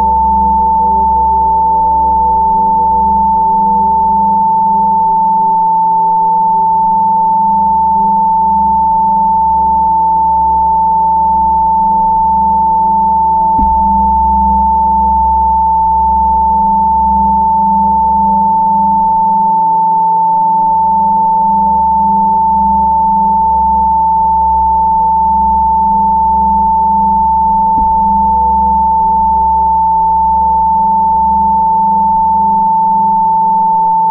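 A steady 888 Hz tone holds unbroken for the full length, clean and unchanging. Beneath it runs a low, pulsing hum with a slow regular throb, briefly cutting out around 13 and 20 seconds, plus a faint click near 14 seconds.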